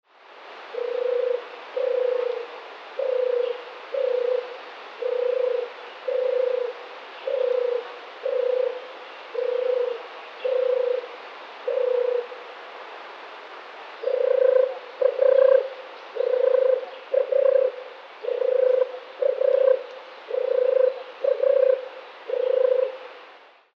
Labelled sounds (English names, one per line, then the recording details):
European Turtle Dove
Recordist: Tembrock, Günter
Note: Balzfolgen